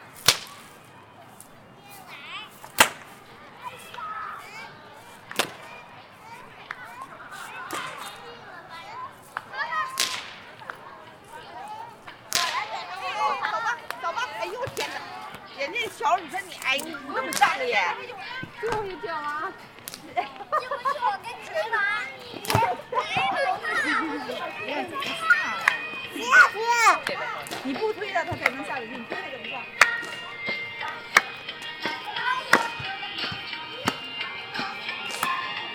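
At Ditan in Beijing, sharp whip-like cracks ring out every few seconds over voices and children's chatter that grows busier and denser.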